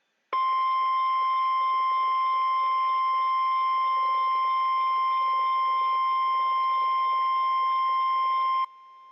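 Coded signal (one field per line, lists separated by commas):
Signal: Emergency Alert System (SAME) tones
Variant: 1050 Hz attention tone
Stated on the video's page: Required weekly test on NOAA Weather Radio.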